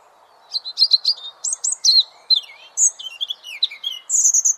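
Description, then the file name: European robin singing a long, varied phrase of high trills, sliding whistles and thin sweet notes, ending on a sustained shimmering high tone. "Erithacus rubecula"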